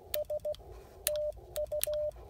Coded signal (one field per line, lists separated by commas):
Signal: Morse code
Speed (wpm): 16 wpm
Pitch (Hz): 590 Hz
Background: none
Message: S TU